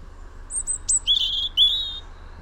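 European robin song: high thin whistled notes and short warbled phrases over a faint low hum.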